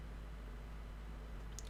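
A plastic clip on a molding is pressed into the lower hole, over a steady low hum and faint background noise. A sharp, short click sounds at 1.6 s, and the clip seats in the hole.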